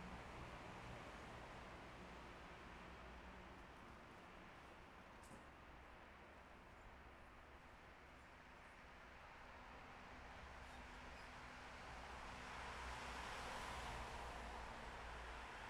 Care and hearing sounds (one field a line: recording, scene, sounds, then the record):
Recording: everyday scene through a hearing-aid microphone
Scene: in traffic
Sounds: traffic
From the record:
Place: bus stop on a city main road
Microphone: behind the ear, left, rear